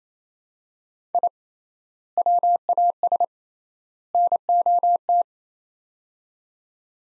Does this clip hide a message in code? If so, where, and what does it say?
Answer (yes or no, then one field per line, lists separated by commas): yes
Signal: Morse code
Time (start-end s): 1.1-5.2 s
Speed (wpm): 28 wpm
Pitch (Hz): 700 Hz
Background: none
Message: I WAS NOT